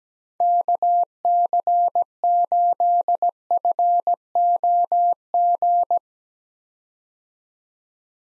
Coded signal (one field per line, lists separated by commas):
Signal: Morse code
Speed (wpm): 17 wpm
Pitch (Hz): 700 Hz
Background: none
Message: KC8FOG